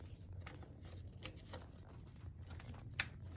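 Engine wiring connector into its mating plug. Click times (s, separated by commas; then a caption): 3.0 s. An old plastic engine wiring connector on a Miata is worked into its mating plug, with faint rustling and small handling ticks leading up to it. It engages with a single sharp click at 3.0 s and is seated; the trouble getting it to click is put down to it being an old connector on an old car.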